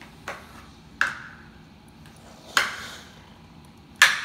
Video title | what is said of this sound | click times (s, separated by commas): Unboxing Barbie Dream House Adventures Travel Doll Set✈️ | just snaps back into place just like that. | 4.0 s